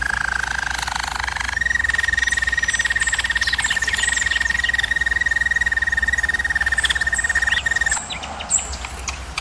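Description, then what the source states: German Roller canary: a long, level, bubbling trill sustained for about six seconds after a brief lower opening, ending in softer fragments. German Roller canary singing, used for training canaries.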